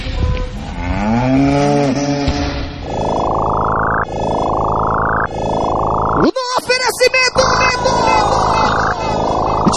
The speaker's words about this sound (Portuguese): Que toquem os berrantes, a cidade vai estremecer.